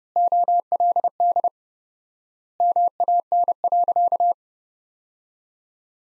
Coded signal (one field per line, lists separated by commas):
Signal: Morse code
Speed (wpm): 32 wpm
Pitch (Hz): 700 Hz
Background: none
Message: OLD MAN.